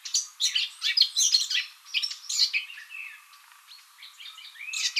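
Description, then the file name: Eurasian blackcap singing a dense, fast warble of mixed chattering and clearer notes, growing softer and more broken toward the end before a final louder burst. "Sylvia atricapilla"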